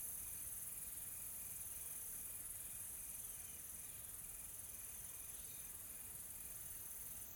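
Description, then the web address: Insects chirping, faint evenly spaced pulses beneath a continuous shrill high hiss. Soft, calm insect ambience in a tropical forest in South Africa. "Sonniss - Smart Sound FX - Nature South Africa AMBIENCE Additional Tropical Forest Soft Insects Calm"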